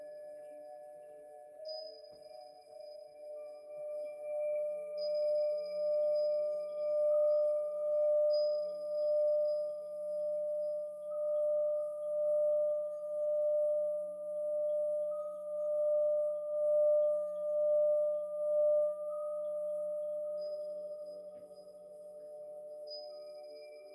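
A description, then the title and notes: A ringing bowl tone hums steadily for the whole stretch, swelling and pulsing in slow regular waves, with faint high electronic tones drifting above. MIDI and BOWL sounds 7 mins per chakra.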